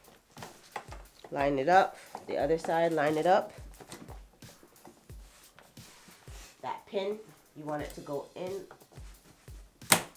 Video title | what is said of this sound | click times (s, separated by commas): Can the Halo Bassinest be Cleaned - Full Tutorial Cleaning the Halo Swivel Bassinest | and snap it into place | 9.9 s